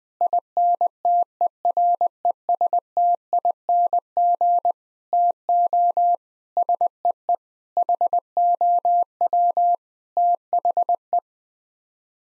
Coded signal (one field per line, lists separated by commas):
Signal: Morse code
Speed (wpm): 21 wpm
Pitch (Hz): 700 Hz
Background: none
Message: INTERESTING TO SEE HOW THE